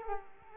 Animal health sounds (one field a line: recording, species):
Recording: mosquito wingbeat signal from an infrared sensor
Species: Culex quinquefasciatus